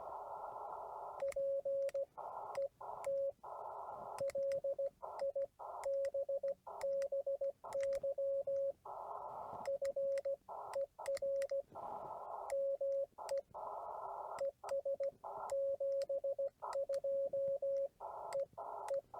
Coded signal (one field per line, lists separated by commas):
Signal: Morse code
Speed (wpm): 17 wpm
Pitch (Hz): 550 Hz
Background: radio noise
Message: PET LIBBY FER ME ES 72 E E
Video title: CW Copy Practice and a meet up with KM4ZKB